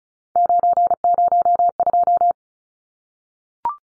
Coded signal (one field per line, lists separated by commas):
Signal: Morse code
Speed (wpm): 34 wpm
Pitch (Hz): 700 Hz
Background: none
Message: 902